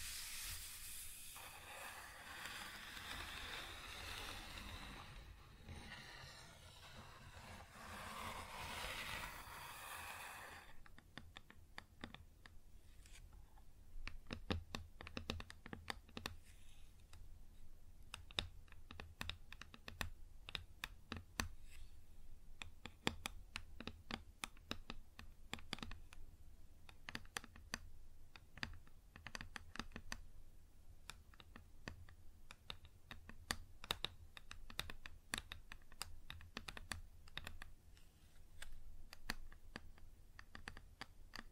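Wood is scratched for the first ten seconds, a rough hissing rasp that swells and fades in two long strokes. Then rapid, uneven tapping on the wood takes over, dense clicks like typing that continue to the end over a low steady hum.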